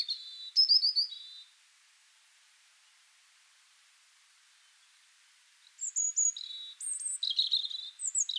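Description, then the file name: European robin singing a short warbling phrase, then silence for about four seconds before a longer, varied run of high, sweet twittering notes. "Erithacus rubecula"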